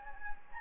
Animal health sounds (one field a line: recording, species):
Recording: mosquito wingbeat signal from an infrared sensor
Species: Anopheles gambiae